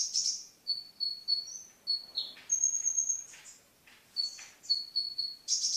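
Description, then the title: Oriental magpie-robin song, brief and broken: a few flat whistled notes, a slurred falling phrase, a scratchy high trill, then more flat notes, separated by short pauses. Singing (kicau). "Kicau Kacer"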